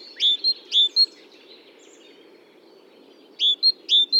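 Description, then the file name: Great tit giving short groups of sharp, high chinking notes, a brief pause between the two groups, over faint low rumbling noise. "Parus major"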